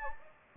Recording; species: mosquito wingbeat signal from an infrared sensor; Anopheles gambiae